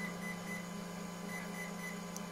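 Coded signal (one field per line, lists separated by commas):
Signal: beep code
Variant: Hobbywing ESC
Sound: three short high beeps, a pause, then three more, over a low hum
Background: steady electrical hum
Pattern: 3-3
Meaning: Calibration is set; the ESC can be turned off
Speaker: so you will hear the confirmation there with three beeps followed by another three bips which means you can turn off the esc and which means it is already set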